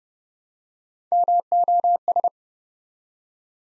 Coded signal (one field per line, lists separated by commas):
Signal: Morse code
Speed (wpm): 30 wpm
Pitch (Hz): 700 Hz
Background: none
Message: MOS